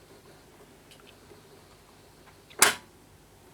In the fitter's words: we then need to wind the flywheel toward us until we hear the thread ports click into place and you'll see it happening now